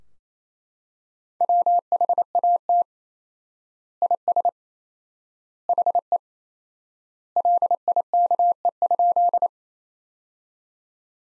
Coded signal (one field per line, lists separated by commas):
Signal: Morse code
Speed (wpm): 28 wpm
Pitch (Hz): 700 Hz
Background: none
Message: WHAT IS HE LIKE?